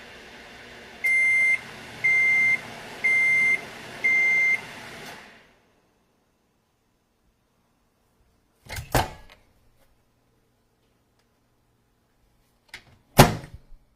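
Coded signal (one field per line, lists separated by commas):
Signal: beep code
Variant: microwave oven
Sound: four evenly spaced half-second high beeps over a running hum, then two door thumps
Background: appliance hum, door thuds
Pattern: 4 short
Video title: 🔊 Efecto de Sonido: 🍽️ Microwave Door Close + Beeps | Microondas Cerrando + Pitidos Sound Effect 🔔 #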